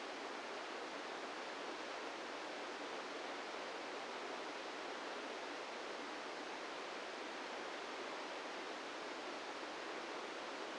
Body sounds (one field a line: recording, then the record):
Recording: brain microelectrode recording played as sound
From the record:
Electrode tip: inside the subthalamic nucleus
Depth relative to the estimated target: 0 mm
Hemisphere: right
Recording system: NeuroSet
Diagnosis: Parkinson's disease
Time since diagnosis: 17 years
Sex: male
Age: 64 years